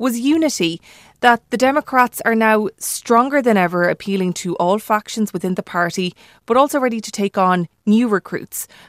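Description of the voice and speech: One adult woman speaking clearly and fluently at a steady pace, with ordinary voice quality and normal speech.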